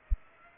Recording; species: mosquito wingbeat signal from an infrared sensor; Culex pipiens